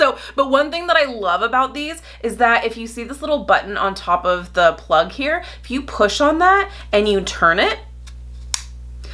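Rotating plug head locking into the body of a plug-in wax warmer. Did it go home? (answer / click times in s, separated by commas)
yes / 8.5 s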